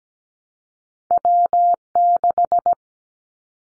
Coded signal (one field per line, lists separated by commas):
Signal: Morse code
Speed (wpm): 17 wpm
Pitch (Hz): 700 Hz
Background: none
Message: W6